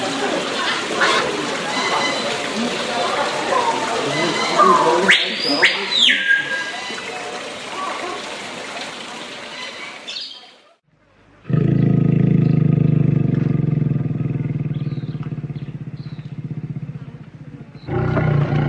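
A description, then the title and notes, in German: Zoo sounds: a busy murmur of voices and scattered animal noises fills the first ten seconds, with a loud rising-and-falling call around the five-second mark. After a brief silence, a steady low engine-like rumble with a humming tone takes over until near the end. Tierstimmen und Geräusche im Zoo.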